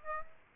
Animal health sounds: mosquito wingbeat signal from an infrared sensor; Aedes aegypti

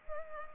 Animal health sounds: mosquito wingbeat signal from an infrared sensor; Culex pipiens

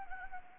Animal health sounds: mosquito wingbeat signal from an infrared sensor; Anopheles gambiae

